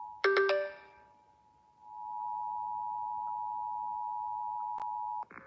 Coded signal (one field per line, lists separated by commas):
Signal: Emergency Alert System (SAME) tones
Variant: 853 and 960 Hz attention tone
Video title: EAS Fire Warning #4 3/14/25 (Credit Goes To @SouthernPennsylvaniaWX & @KanawhaCountyWX)